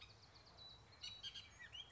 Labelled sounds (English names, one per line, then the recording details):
Bullock's Oriole
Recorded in Sonoma County, California